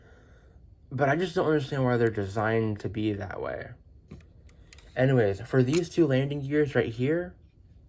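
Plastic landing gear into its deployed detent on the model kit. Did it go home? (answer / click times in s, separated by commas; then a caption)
no / none. Someone talks while handling the plastic landing gear of a model kit, which is meant to be pushed down into its deployed detent until it clicks. Faint handling noises come during a pause in the talking around 4.1 to 4.8 seconds. The landing gear has not seated or clicked yet.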